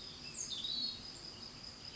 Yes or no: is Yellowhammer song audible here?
no